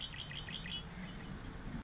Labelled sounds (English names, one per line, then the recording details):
Red-winged Blackbird
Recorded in Sonoma County, California